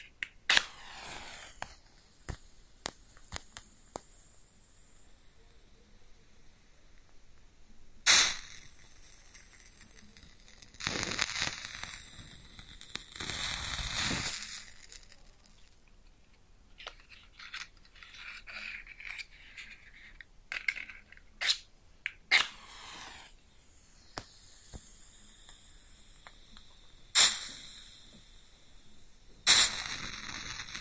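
A match is struck close up, flares and sizzles, then burns out with soft crackles. Sharp bright scrapes and hissing bursts come around 8, 11 to 14, 27 and 30 seconds, with scattered small ticks and clicks between them over a quiet background.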